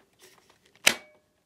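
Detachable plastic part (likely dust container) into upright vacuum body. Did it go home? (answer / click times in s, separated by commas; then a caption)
yes / 0.9 s. A detachable plastic part, likely the dust container, of a VAX Air Stretch Pet Max upright pet vacuum is pushed back onto the vacuum body after being removed to show it. Faint handling rustles and small ticks are followed by one sharp, loud snap at 0.9 s, with a short ringing tail. The part seats back in place.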